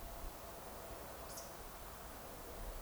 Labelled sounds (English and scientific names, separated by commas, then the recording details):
Eurasian Woodcock (Scolopax rusticola) whistle
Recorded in Baden-Württemberg, Germany, on 29 June 2020 at 02:28 UTC
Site 43791, 788 m above sea level